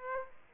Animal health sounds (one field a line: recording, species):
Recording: mosquito wingbeat signal from an infrared sensor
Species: Aedes aegypti